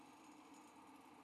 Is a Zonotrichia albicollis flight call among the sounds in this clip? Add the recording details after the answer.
no. No flight call is heard. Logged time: 09:21 on 5 December 2014